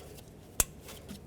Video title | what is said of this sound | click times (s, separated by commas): How to Replace Exhaust Manifold 2007 Chevy Silverado Classic | Make sure it clicks. | 0.6 s